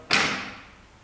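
An F1 wheel nut remover, held by a magnet and clips, is pushed onto a racing car's wheel nut. It snaps on with a single sharp thud-like hit at 0.1 s that rings out and fades over the next second. The tool is seated and held magnetically on the nut.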